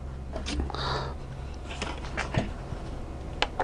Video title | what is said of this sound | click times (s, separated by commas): [COMMENT REMPLACER UN ALTERNATEUR DE CHRYSLER 300C CRD 3.0 Part 4/4] | et le petit clic qui va bien et c'est bon | 3.4 s